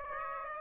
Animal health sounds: mosquito wingbeat signal from an infrared sensor; Aedes aegypti

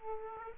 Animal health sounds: mosquito wingbeat signal from an infrared sensor; Aedes aegypti

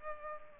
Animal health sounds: mosquito wingbeat signal from an infrared sensor; Culex pipiens

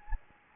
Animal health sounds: mosquito wingbeat signal from an infrared sensor; Anopheles gambiae

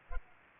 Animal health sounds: mosquito wingbeat signal from an infrared sensor; Culex pipiens

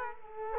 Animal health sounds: mosquito wingbeat signal from an infrared sensor; Culex quinquefasciatus

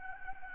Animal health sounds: mosquito wingbeat signal from an infrared sensor; Anopheles gambiae

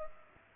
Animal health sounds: mosquito wingbeat signal from an infrared sensor; Culex pipiens

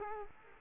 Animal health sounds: mosquito wingbeat signal from an infrared sensor; Culex quinquefasciatus

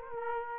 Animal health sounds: mosquito wingbeat signal from an infrared sensor; Aedes aegypti

